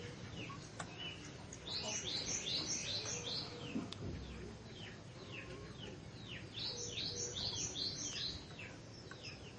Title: Ciblek Sawah